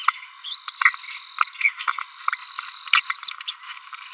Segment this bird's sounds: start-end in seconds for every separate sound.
0.45-0.56, 1.61-1.70, 3.48-3.51